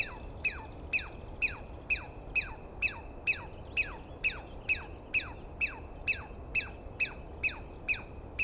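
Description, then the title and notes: Douglas squirrel calling: loud, regular series of sharp downward-sweeping chirps, roughly two per second, continuing throughout over low background noise. Douglas pine squirrel screaming for a long while at dawn, morning of 21 April 2017, East Cascades; identified by sound, not clearly seen. "On the morning of 21 April, 2017, I set up my microphones and recorder for a nice dawn recording in the East Cascades. I was started awake by a screaming Douglas Pine Squirrel."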